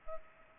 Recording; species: mosquito wingbeat signal from an infrared sensor; Culex pipiens